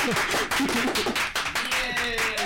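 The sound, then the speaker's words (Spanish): A steady run of sharp hand claps, roughly three or four per second, fairly loud, with voices and a few sustained tones murmuring underneath. “Pues aplaudiré si quieres.”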